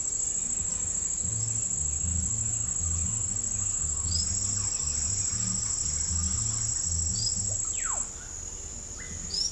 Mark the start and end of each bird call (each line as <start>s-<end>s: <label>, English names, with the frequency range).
4.04s-4.24s: unidentified bird (3.8-5.4 kHz)
7.10s-7.29s: unidentified bird (3.9-5.7 kHz)
7.46s-8.03s: Russet-backed Oropendola (0.3-4.0 kHz)
8.90s-9.51s: Swainson's Thrush (4.1-6.3 kHz)
8.91s-9.16s: Russet-backed Oropendola (0.9-3.3 kHz)